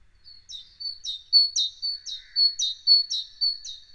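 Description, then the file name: Great tit song, a steady chain of several repeated two-note phrases, a sharp high note dropping to a sustained lower one. "Parus major"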